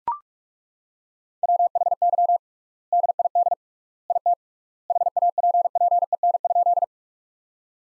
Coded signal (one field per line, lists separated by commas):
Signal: Morse code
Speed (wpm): 42 wpm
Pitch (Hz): 700 Hz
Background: none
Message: WHY DID IT HAPPEN?